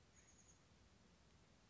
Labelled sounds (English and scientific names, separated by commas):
Chestnut-backed Chickadee (Poecile rufescens)